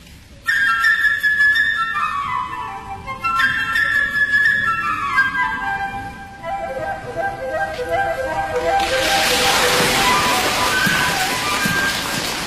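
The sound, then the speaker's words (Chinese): A symphony orchestra flute plays a quick, high, chirping melody of fluttering runs and trills, like a darting bird, representing the little bird, a swallow, in the story of Peter and the wolf. Near the end a loud, steady rushing noise washes over the music. “比方说，长笛就是小鸟，小燕子。”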